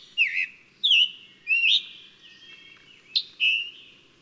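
Bird song of short slurred whistled phrases, five in all, the first three about two-thirds of a second apart, then a longer pause before the last two close together, over a faint low hum.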